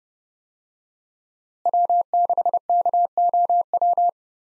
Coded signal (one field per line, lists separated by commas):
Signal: Morse code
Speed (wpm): 32 wpm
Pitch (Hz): 700 Hz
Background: none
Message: W6KOW